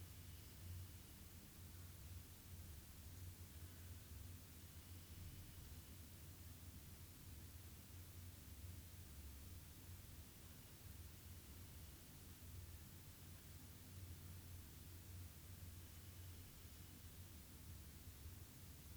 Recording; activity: daily activity, guitar pickup as the sensor; sit